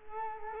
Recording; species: mosquito wingbeat signal from an infrared sensor; Culex quinquefasciatus